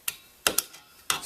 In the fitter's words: snaps right in